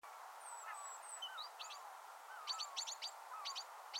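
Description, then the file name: Great tit calls: clipped high double notes coming in quick runs, with other birds' thin whistles and lower chirps behind them. "Parus major"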